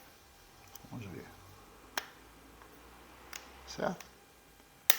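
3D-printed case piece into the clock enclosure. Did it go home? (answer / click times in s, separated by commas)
yes / 4.9 s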